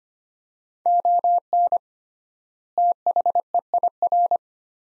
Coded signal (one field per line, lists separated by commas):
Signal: Morse code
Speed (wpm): 25 wpm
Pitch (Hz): 700 Hz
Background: none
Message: ON THEIR